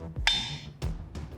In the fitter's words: insert on the end of the electrode and turn it until you hear an audible click